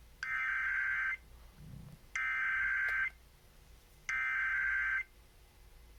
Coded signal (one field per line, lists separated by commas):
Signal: Emergency Alert System (SAME) tones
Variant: header bursts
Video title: Tornadoes, Squall lines and Monthly Tests 2 Day EAS Timeline Northwest Minnesota and the Dakotas